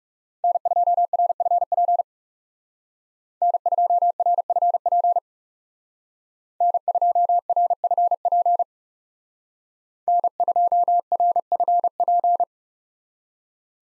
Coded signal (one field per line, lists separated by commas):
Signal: Morse code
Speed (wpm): 39 wpm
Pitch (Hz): 700 Hz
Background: none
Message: N2RFP N2RFP N2RFP N2RFP